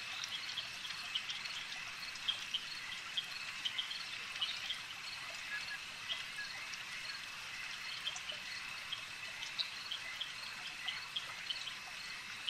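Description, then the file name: Insect swarm chorus: a constant shrill buzz with many scattered clicks, steady throughout. "Elijah Wagner - Relaxing Insect Swarm Ambience"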